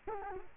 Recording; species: mosquito wingbeat signal from an infrared sensor; Culex quinquefasciatus